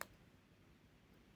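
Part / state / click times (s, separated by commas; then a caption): watch crown detent in a chronograph watch case / seated / 0.0 s. The crown of a quartz MoonSwatch chronograph wristwatch is pulled out to its first setting position, and the crown detent in the watch case gives a single sharp click at 0.0 s. Only faint low background noise follows for the rest of the clip, and the crown is seated in its first position.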